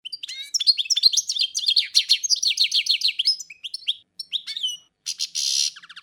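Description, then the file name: European goldfinch singing a nearly unbroken stream of bright, jangling twitters, with a harsh buzzy note near the end. "Ptica - Penie ptic - CSHegol"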